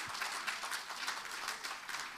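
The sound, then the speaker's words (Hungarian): An audience applauds a joke steadily for a couple of seconds, a dense, crackling wash of many hands clapping at an even level with no voices over it. “De most ezt úgy tapsoljátok meg, mintha az én poénom lenne, pedig az Orbán Viktoré.”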